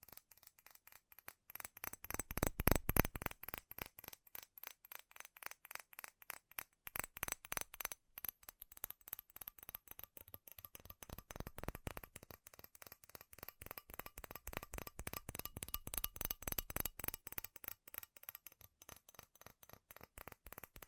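Rapid, relentless tapping on metal, the sharp clicks coming in a dense, fairly even stream for the full twenty seconds. The hits are bright and crisp, swelling louder around three and again near seven and sixteen seconds, with a thin faint ring lingering between strikes.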